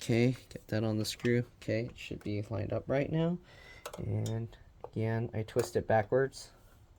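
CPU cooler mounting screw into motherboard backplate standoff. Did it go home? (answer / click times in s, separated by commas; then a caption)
no / none. Someone talks while lining up a spring-loaded DeepCool AK620 CPU cooler mounting screw on its motherboard backplate standoff and twisting it backwards to find the start of the thread. Faint handling noises sit under the speech. Nothing has seated or clicked yet.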